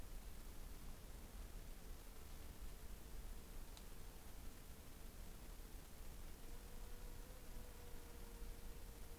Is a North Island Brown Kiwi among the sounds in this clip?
no